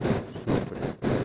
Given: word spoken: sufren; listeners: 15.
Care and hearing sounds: one Spanish word in noise, from a listening test; noise modulated by three-talker babble; -7.3 dB; 0 of 15; 13 of 15; 0.84 s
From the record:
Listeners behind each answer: 13, 2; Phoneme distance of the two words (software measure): 7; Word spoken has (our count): 2 syllables, 6 phonemes, stress on syllable 1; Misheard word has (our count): 2 syllables, 5 phonemes, stress on syllable 1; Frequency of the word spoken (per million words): 19.19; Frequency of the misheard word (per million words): 27.18

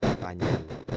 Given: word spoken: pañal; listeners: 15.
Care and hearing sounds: one Spanish word in noise, from a listening test; noise modulated by one talker; -7.4 dB; 1 of 15; 6 of 15; 0.57 s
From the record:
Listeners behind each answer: 6, 6, 1, 1, 1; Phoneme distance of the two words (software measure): 24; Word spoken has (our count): 2 syllables, 5 phonemes, stress on syllable 2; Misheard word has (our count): 3 syllables, 7 phonemes, stress on syllable 2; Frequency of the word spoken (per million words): 0.66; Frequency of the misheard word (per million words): 15.09

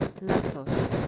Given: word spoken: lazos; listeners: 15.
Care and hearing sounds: one Spanish word in noise, from a listening test; noise modulated by one talker; -8.7 dB; 3 of 15; 10 of 15; 0.67 s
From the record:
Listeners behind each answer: 10, 3, 2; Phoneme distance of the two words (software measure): 7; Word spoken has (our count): 2 syllables, 5 phonemes, stress on syllable 1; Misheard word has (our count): 2 syllables, 6 phonemes, stress on syllable 1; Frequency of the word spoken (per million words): 12.71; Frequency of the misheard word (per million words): 15.39

